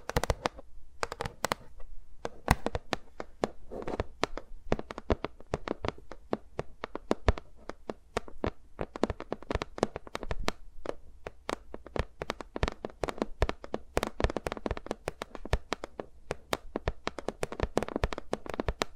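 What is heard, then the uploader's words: Fingers move and tap against microphones in a dense, irregular run of sharp clicks and soft rubbing, with no talking. The taps come several times a second throughout, some louder and crisper than others, over a faint low rumble. ASMR with Mics Around My Fingers (No Talking).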